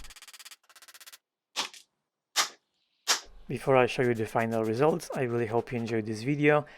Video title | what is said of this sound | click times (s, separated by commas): I was shocked when the paint came off - Satisfying Restoration | And as you can see, the little bolt lock thing has a very satisfying click now. | 0.6 s, 0.7 s, 1.7 s